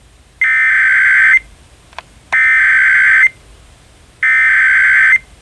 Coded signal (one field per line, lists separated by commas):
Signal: Emergency Alert System (SAME) tones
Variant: header bursts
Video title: EAS Fridays - London Bridge Is Falling Down